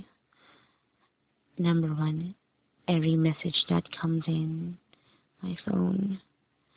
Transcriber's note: rambling